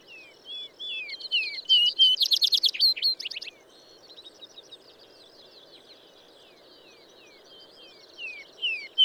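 Songbird singing: a loud burst of fast repeated notes after downslurred whistles, followed by softer rambling twitters and more slurred whistles near the end.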